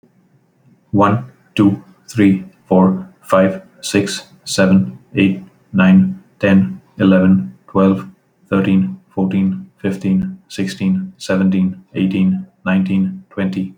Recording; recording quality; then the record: counting at a normal pace; excellent, no background noise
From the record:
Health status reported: healthy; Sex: male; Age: 42 years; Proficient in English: yes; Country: India